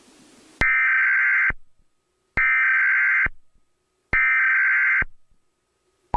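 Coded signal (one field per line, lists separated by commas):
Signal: Emergency Alert System (SAME) tones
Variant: header bursts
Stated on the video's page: Fictional blizzard EAS scenario made with KineMaster and a narrator voice app.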